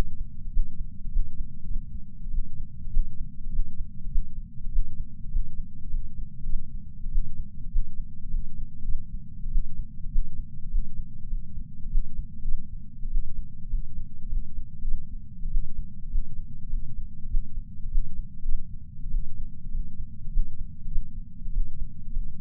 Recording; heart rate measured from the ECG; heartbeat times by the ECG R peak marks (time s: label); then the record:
heart sounds by patch sensor on the chest; 100 bpm
0.51 s: heartbeat
1.11 s: heartbeat
1.66 s: heartbeat
2.31 s: heartbeat
2.91 s: heartbeat
3.51 s: heartbeat
4.10 s: heartbeat
4.71 s: heartbeat
5.30 s: heartbeat
5.90 s: heartbeat
6.44 s: heartbeat
7.10 s: heartbeat
7.70 s: heartbeat
8.30 s: heartbeat
8.84 s: heartbeat
9.50 s: heartbeat
10.10 s: heartbeat
10.70 s: heartbeat
11.29 s: heartbeat
11.89 s: heartbeat
12.42 s: heartbeat
13.09 s: heartbeat
13.69 s: heartbeat
14.29 s: heartbeat
14.82 s: heartbeat
15.49 s: heartbeat
16.09 s: heartbeat
16.69 s: heartbeat
17.29 s: heartbeat
17.90 s: heartbeat
18.44 s: heartbeat
19.10 s: heartbeat
19.71 s: heartbeat
20.31 s: heartbeat
20.89 s: heartbeat
21.52 s: heartbeat
22.13 s: heartbeat
From the record:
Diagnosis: coronary artery disease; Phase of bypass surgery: postoperative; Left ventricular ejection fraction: 34.1%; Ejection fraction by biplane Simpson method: 29.5%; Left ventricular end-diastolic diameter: 66 mm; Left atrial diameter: 43 mm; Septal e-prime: 4.6 cm/s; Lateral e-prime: 6.7 cm/s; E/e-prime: 15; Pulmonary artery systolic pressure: 38 mmHg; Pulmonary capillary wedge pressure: 9 mmHg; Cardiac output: 3.4 L/min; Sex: male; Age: 47 years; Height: 180 cm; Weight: 90 kg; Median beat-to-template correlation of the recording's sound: 0.83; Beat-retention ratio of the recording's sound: 0.99